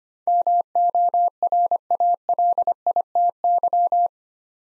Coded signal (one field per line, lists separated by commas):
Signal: Morse code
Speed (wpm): 25 wpm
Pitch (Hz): 700 Hz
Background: none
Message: MORALITY